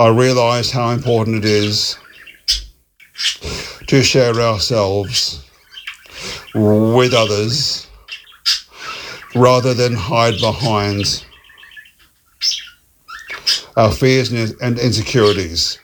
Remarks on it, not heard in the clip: As someone who stutters, I spent a lot of time navigating those challenges. And I recently attended a Maguire course in Melbourne to work on my speech and take back control.